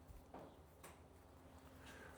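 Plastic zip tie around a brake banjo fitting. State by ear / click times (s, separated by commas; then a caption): not seated / none. A plastic zip tie is fed through and pulled around a brake line banjo fitting to keep its bits from getting lost. Two short rasping pulls are heard at about 0.3 and 0.8 seconds over a steady low hum. The ratchet does not engage, and nothing has clicked or locked yet.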